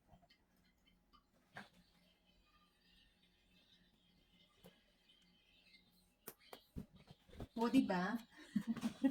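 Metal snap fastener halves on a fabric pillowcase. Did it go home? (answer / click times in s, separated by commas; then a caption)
no / none. Metal snap fastener halves on a fabric pillowcase are handled with a snap fastener plier kit, with soft handling sounds, a few short sharp ticks, and someone talking near the end. Nothing has seated or clicked yet; the snap is not yet pressed home.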